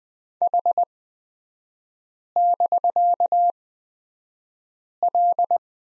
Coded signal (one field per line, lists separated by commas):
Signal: Morse code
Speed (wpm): 20 wpm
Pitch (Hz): 700 Hz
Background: none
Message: H<BK>L